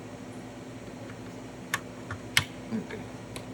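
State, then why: Seated. A replacement needle is guided into the hole of the needle holder on a 1313/1329 HPLC autosampler and pushed until it clicks into the right position. Over a steady low background hum, faint handling ticks are heard around 1.7 s and 2.1 s, and the sharp, loudest click comes at 2.4 s, showing the needle is seated, followed by a softer tick near 3.4 s.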